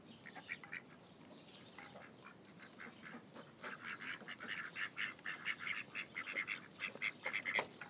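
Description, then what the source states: Duck calls, sparse at first, then a rapid run of nasal quacks growing louder toward the end. Ducks at Lagoa das Furnas; binaural.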